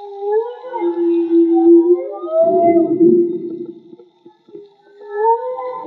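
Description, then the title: Whale song: long, smooth moaning notes that glide up and down, with a steady low tone and rising higher sweeps, punctuated by a rougher grunting passage. Field recording made with homemade DIY hydrophones; audio was cleaned afterwards. "CANTO DE BALLENAS MAGMA"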